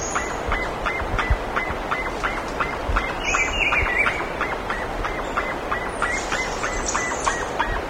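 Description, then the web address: Bird producing a steady stream of brief notes about three per second, plus a warbling phrase and some high squeaks, against a constant hiss. "BIRD 2015 SABIOD 50 bird 2015"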